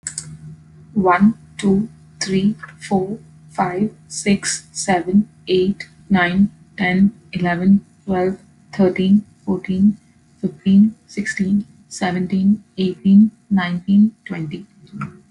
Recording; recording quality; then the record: counting at a normal pace; excellent, no background noise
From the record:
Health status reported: healthy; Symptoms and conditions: none ticked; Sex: female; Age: 26 years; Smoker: not ticked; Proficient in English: yes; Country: United States